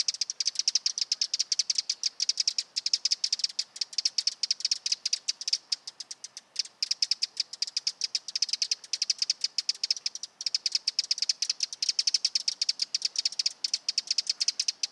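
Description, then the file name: Eurasian wren calling with a long, fast, dry rattle of ticks that runs almost without pause, broken only by a few brief gaps. "Troglodytes troglodytes"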